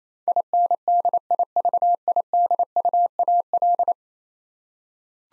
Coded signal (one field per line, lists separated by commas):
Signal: Morse code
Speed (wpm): 28 wpm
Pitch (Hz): 700 Hz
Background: none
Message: INDIVIDUAL